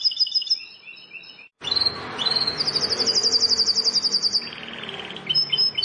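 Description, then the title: Bar-winged prinia song: high chirps, a brief break, then a fast trill of repeated notes over a noisy hissing background, ending with a few chirps. "Ciblek Sawah 1"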